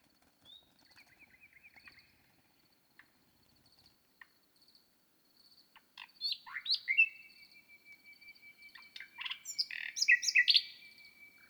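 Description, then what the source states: Common nightingale singing, faint scattered notes at first, then loud varied phrases of whistles, rapid clicks and a long sustained whistle, over a steady high pulsing background chirr. At night on 6 May 2018, microphones at the foot of a bush, 1000 m altitude on the Lesches-en-Diois plateau, Drôme, France; listened for two hours.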